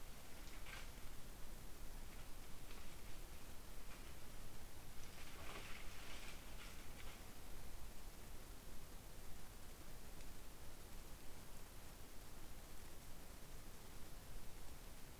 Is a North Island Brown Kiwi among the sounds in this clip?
no